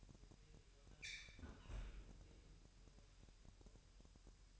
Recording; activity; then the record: daily activity, microphone in the room; close fridge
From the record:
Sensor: 2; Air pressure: 1001.8 hPa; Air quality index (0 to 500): 243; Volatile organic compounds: 33 ppm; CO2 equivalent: 3024 ppm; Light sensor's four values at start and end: 9/28/11/10 and 9/28/11/10